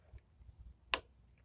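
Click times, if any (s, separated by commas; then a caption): 0.9 s. Fingernails pull up on the small tabs of the ribbon-cable connectors for the RGB strips on the circuit board inside a Glorious Model O computer mouse. After a few faint ticks, a sharp, bright plastic click sounds at 0.9 s as the latch flips open, releasing the flat cables so they can be slid out.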